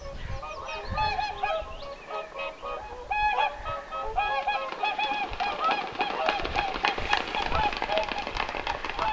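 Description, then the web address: Whooper swans giving many overlapping bugling, trumpet-like honks, a busy chorus of calls throughout with some low rumbling noise beneath. Apparently young whooper swans calling on the shore in summer, 1 June 2025. "paivat 1 6 2025 laulujoutsenten aantelya kesalla ilmeisten nuorten rannalla"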